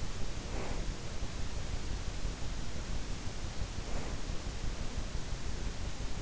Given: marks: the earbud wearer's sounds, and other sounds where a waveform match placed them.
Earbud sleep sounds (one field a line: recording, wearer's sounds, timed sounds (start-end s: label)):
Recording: sounds in sleep by an in-ear microphone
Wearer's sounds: breath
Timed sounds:
0.34-1.09 s: breath
3.79-4.37 s: breath